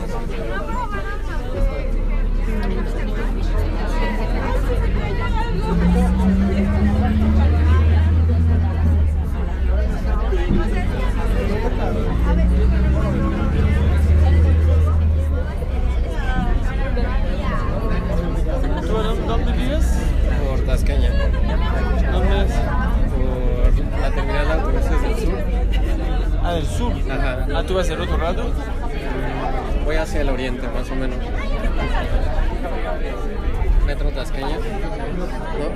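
People on the way home, a steady babble of many overlapping voices with no single speaker standing out. A low rumble runs underneath throughout, swelling between about 6 and 16 seconds, like a passing vehicle or engine, and the crowd noise stays dense and even to the end.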